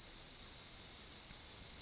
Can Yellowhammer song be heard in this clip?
yes